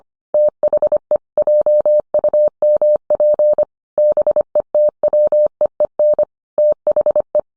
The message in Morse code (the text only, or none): THE JUMP BETWEEN THE